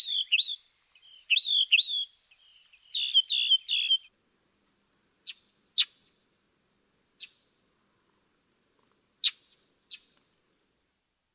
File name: Northern Mockingbird